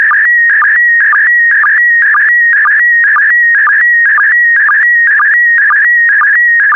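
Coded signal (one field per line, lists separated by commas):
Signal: SSTV (slow-scan television)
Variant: PD120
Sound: warbling whistle-like tone around 2 kHz with a rhythmic chirp about twice per second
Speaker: complete. You can now check your decoded image against the picture that is shown on the video.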